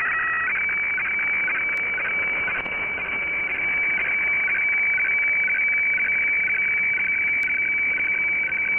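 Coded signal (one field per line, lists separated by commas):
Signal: weather fax (radiofax)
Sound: steady high tone with rapid scratchy chirping flickers dropping to a lower pitch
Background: radio static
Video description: Decoded weather radiofax broadcasted from Kyodo News Agency in Japan.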